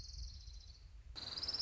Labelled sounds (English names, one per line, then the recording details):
Orange-crowned Warbler
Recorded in Sonoma County, California